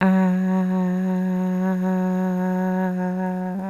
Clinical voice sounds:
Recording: sustained vowel /a/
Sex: female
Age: 50 to 59 years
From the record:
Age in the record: 56 years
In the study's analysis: excluded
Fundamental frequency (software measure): 185 Hz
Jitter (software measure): 0.41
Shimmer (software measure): 0.63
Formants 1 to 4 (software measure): 816 Hz, 1713 Hz, 2802 Hz, 3805 Hz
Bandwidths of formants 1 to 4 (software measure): 234 Hz, 208 Hz, 428 Hz, 471 Hz

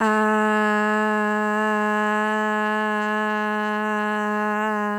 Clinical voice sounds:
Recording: sustained vowel /a/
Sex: female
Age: 20 to 29 years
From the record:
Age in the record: 26 years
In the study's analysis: included

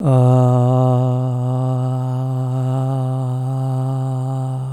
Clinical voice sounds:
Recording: sustained vowel /a/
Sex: male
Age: 60 to 69 years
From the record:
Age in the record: 69 years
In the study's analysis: included

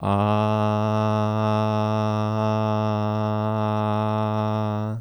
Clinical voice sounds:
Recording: sustained vowel /a/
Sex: male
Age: 20 to 29 years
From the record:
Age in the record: 25 years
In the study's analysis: included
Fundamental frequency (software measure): 107 Hz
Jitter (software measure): 0.25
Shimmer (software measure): 0.59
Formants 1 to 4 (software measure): 719 Hz, 1223 Hz, 2716 Hz, 3563 Hz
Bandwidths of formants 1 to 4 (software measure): 178 Hz, 180 Hz, 145 Hz, 262 Hz

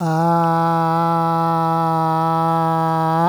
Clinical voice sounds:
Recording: sustained vowel /a/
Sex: male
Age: 50 to 59 years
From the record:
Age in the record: 58 years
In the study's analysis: included

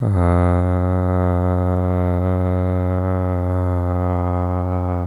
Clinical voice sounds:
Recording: sustained vowel /a/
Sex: male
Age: 20 to 29 years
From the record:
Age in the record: 21 years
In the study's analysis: included

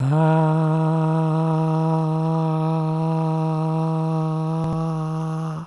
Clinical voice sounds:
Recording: sustained vowel /a/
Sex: male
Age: 50 to 59 years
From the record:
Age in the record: 57 years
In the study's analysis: excluded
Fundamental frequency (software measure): 159 Hz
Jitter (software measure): 0.40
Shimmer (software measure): 1.22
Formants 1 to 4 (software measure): 802 Hz, 1141 Hz, 2655 Hz, 3881 Hz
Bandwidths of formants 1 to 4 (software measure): 266 Hz, 290 Hz, 271 Hz, 363 Hz

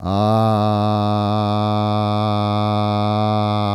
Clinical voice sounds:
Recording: sustained vowel /a/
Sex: male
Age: 50 to 59 years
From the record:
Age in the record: 58 years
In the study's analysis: included

